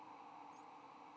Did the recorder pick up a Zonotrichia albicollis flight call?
no